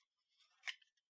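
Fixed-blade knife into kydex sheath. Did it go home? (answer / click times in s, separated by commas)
yes / 0.8 s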